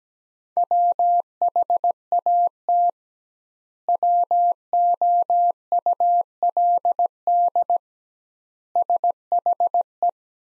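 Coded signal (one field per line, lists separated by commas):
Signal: Morse code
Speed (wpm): 17 wpm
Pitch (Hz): 700 Hz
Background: none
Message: WHAT WOULD SHE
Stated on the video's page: Morse practice at 17 wpm of sentences from the top 100 words with twice standard word spacing, a Farnsworth-like method for head-copying.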